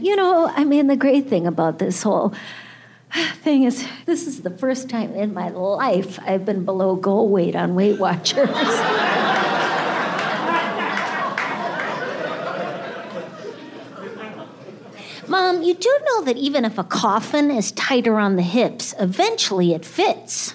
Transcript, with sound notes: You know, I mean, the great thing about this whole thing is this is the first time in my life I've been below goal weight on Weight Watchers.
(LAUGHTER)
Mom, you do know that even if a coffin is tighter on the hips, eventually it fits.